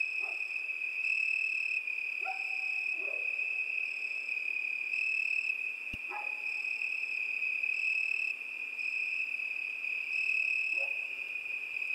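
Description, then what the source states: Crickets keep up a continuous high trilling chorus, with a sharp click near the middle and a few brief lower calls. Crickets at night.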